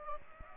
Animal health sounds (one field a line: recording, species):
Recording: mosquito wingbeat signal from an infrared sensor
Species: Aedes aegypti